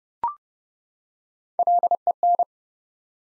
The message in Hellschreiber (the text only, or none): none